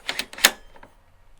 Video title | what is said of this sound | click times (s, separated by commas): Beretta A400 Xtreme - Field Strip and Plug Removal | that'll lock the bolt open | 0.4 s